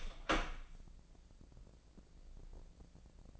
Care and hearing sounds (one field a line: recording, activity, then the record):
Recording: daily activity, microphone in the room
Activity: open door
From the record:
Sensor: 5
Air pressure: 1012.4 hPa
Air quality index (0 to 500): 154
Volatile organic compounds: 2 ppm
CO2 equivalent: 1053 ppm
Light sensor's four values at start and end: 271/657/278/305 and 269/652/275/302